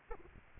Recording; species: mosquito wingbeat signal from an infrared sensor; Aedes aegypti